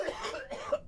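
Adult man coughing; his airways are sore and he has a burning feeling in his body.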